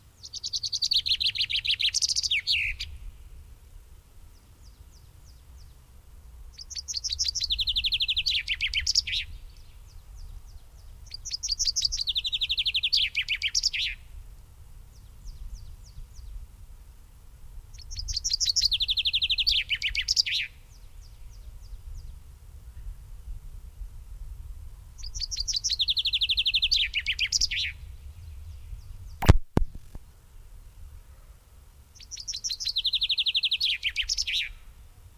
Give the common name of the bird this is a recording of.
Common Chaffinch